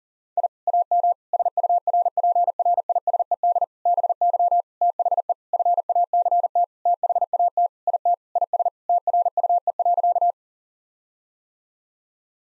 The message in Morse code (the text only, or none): I AM SURPRISED BY THE FACT THAT IT IS TRUE.